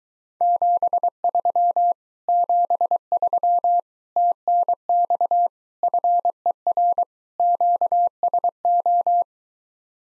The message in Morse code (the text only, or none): 73 73 TNX FER QSO